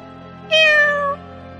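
A single drawn-out meow from a black cat, loud and clear, rising then gently falling in pitch over about half a second, with faint low hum underneath and no talking.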